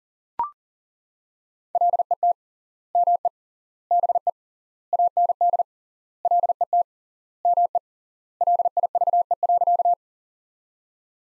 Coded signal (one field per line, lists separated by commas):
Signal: Morse code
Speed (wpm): 40 wpm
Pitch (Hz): 700 Hz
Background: none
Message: LET ME BE AND LET ME LIVE.